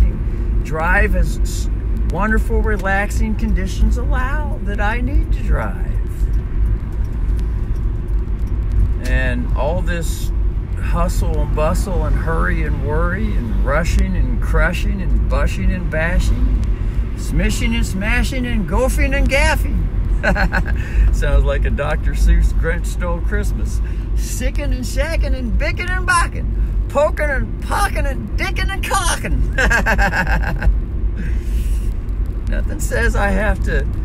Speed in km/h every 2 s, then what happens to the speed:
39, 39, 38, 38, 36, 36, 37, 38, 38, 40, 41, 41, 40, 41, 41, 39, 39.
0-34 steady at about 39.